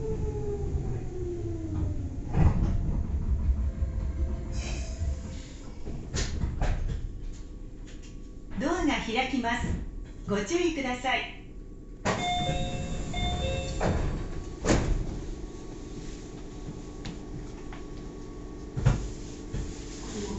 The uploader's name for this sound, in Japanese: 名古屋鉄道 豊田線 猿投→梅坪→赤池